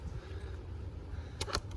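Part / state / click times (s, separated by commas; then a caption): foam cannon quick connector onto pressure washer wand / seated / 1.4 s, 1.6 s. A foam cannon is slid by hand onto a pressure washer wand's quick connector, using both hands. Over a steady low rumble, two sharp clicks sound at 1.4 s and 1.6 s, followed by a couple of faint ticks. The connector locks in place.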